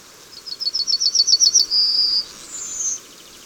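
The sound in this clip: Yellowhammer singing a quick chain of sharp, high notes that gives way to a long level note, then a thin higher tail.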